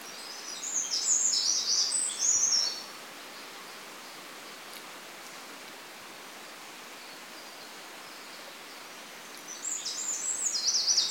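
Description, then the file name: Eurasian wren song: a burst of very high, rapid twittering trills for about two seconds, then several seconds of quiet hiss, then a second fast, high trill starts near the end. "Troglodytes troglodytes"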